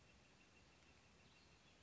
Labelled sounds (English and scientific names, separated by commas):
Northern Flicker (Colaptes auratus)